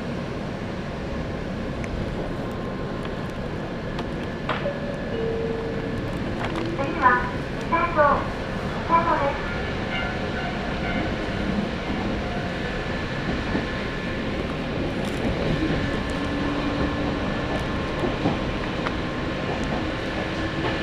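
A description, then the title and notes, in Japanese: Onboard a local train in motion, a steady low rumble of wheels and running gear fills the cabin, with a thin electric whine held underneath. Around seven to ten seconds a cluster of clacks and brief squeals rises, then the even ride resumes. 三岐鉄道三岐線 西藤原→北勢中央公園口。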